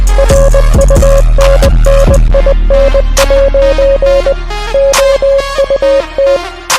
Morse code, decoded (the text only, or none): RUNNIN' OUT